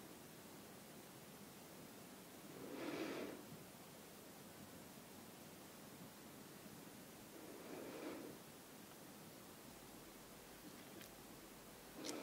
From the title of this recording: Face brushing with slow whispers